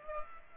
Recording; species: mosquito wingbeat signal from an infrared sensor; Aedes aegypti